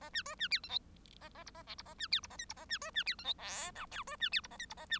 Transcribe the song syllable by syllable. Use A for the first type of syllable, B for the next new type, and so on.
A B C B D E F A A G A H G A B D G A I G A B C B D E F J K L C B D G A I G A B